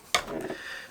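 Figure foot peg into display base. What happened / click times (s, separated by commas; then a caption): The peg clicked into its base / 0.1 s. A plastic figure is given a gentle push onto its display base so its foot peg locks in. A single sharp, bright click lands at 0.1 seconds, followed by a low, fading rustle. The peg is seated in the base.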